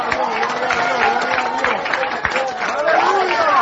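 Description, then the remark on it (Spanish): A small church audience of five, two bald men and three long-haired women, applauding and praising God, the steady patter of clapping blended with several voices calling out and praising at once, holding a fairly even level throughout. “Gloria a Dios por esos dos pelones y esas tres peludas que aplauden y alaban a Dios ahora.”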